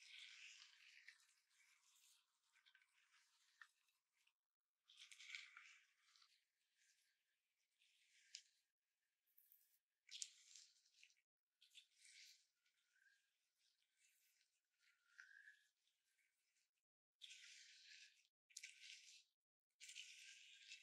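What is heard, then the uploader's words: Bath bombs fizz in bursts of bright, crackly hissing, with no low end. The bursts last one to four seconds and are separated by short, abrupt silences. Loudness rises and falls within each burst, with faint tiny pops scattered through. ASMR 泡澡.沐浴球觸發 | Bath Bombs Sounds | NoTalking.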